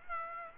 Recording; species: mosquito wingbeat signal from an infrared sensor; Aedes aegypti